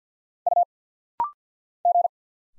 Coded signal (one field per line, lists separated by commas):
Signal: Morse code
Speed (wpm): 51 wpm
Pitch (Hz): 700 Hz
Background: none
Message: U G